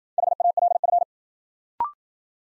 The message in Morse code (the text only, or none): HALF